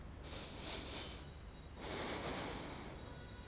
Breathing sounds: one breath in and out by a microphone near the nose and mouth; deep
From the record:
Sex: male

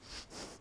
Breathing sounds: one breath in and out by a microphone near the nose and mouth; strong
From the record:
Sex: male

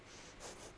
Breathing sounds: one breath in and out by a microphone near the nose and mouth; strong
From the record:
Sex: female

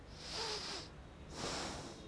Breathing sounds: one breath in and out by a microphone near the nose and mouth; deep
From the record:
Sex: male

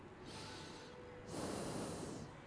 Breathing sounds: one breath in and out by a microphone near the nose and mouth; normal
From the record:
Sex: male

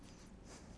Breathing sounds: one breath in and out by a microphone near the nose and mouth; strong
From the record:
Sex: male

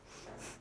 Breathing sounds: one breath in and out by a microphone near the nose and mouth; strong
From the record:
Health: marked as sick, illness not named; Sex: female

